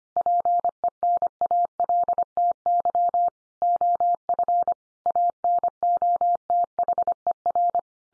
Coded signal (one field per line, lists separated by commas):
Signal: Morse code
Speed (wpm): 25 wpm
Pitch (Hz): 700 Hz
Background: none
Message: PENALTY OF ANOTHER